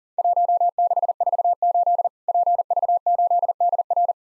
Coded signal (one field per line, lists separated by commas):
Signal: Morse code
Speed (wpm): 41 wpm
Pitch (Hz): 700 Hz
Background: none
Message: 1648 PV8DR